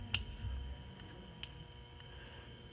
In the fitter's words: got a good positive click now